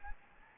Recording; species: mosquito wingbeat signal from an infrared sensor; Anopheles gambiae